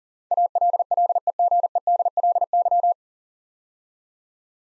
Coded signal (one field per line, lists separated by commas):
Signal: Morse code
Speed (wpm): 40 wpm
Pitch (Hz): 700 Hz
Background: none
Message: ALLEGEDLY